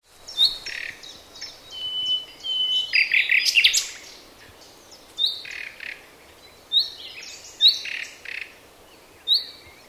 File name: Luscinia megarhynchos